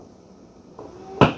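At its docking station, a robot vacuum automatically releases its mop pads before leaving to vacuum carpet. A faint tick at 0.8 s is followed by a loud, sharp clunk at 1.2 s as the mop pads drop off. The pads are confirmed released.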